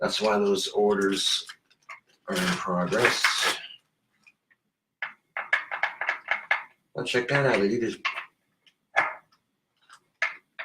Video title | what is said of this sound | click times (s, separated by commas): FB Live 10 29 2018 (The Chair Video) | there we go. They just pop into place. Very cool, very cool. | 10.2 s